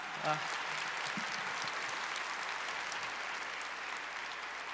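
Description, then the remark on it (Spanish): An audience applauds for the Lord, a dense wash of many hands clapping at an even, sustained level throughout, with a brief voice fragment near the start. “Un aplauso para el Señor, por favor, familia hermosa.”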